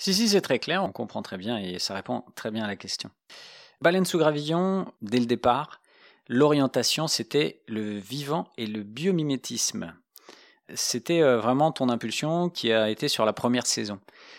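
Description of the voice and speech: An adult speaks conversational French in a medium-pitched voice. The speech is fluent and clearly articulated, with natural phrasing, brief pauses and one filled hesitation ("euh"). This is ordinary speech in a quiet room.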